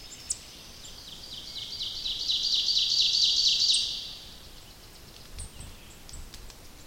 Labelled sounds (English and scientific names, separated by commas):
Ovenbird (Seiurus aurocapilla) song